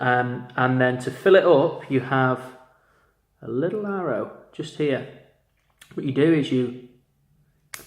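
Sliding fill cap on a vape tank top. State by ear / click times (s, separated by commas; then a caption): released / 7.7 s. Someone talks, then the sliding top cap of a TECC Slider Pro vape tank is pushed by its little arrow to open the juice fill hole. A sharp click is heard at 7.7 s as the slider pops open.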